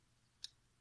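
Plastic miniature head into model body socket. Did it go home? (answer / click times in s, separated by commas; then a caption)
yes / 0.4 s. The plastic head of a Mutalith Vortex Beast conversion kit is pressed into the socket on the miniature's body. It snaps into place with a single short, bright click at 0.45 s over a faint low hum. The head is seated and clipped on.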